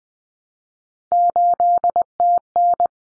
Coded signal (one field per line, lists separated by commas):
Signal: Morse code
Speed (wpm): 20 wpm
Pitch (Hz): 700 Hz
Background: none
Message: 8TN